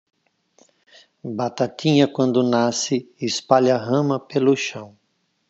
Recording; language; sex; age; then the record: short text; Brazilian Portuguese; male; 50 to 59 years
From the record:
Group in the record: control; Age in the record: 57 years